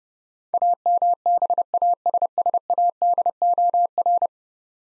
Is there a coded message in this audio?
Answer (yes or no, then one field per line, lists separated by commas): yes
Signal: Morse code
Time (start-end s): 0.5-4.3 s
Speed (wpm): 31 wpm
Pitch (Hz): 700 Hz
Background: none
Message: AMBASSADOR